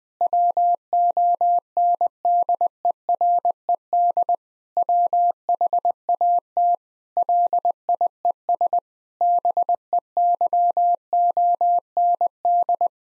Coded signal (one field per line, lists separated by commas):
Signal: Morse code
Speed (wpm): 20 wpm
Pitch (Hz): 700 Hz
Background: none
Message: WONDERED WHAT LIES BEYOND